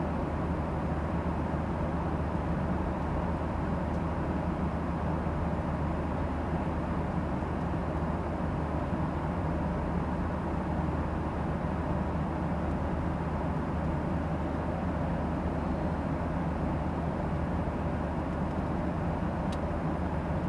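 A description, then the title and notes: Airplane engines keep up a steady, dense hum inside the cabin during a flight from San Francisco to Phoenix, heavy in the low end with a softer hiss above. The drone holds level throughout, broken only by a faint tick near the end. The sounds of a flight from San Francisco International Airport to Phoenix Sky Harbor International Airport.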